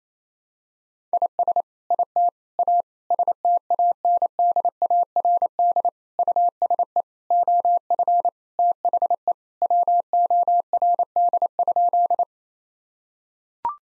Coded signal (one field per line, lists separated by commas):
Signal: Morse code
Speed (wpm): 28 wpm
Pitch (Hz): 700 Hz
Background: none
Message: IS IT A STANDARD USE OF THE WORD?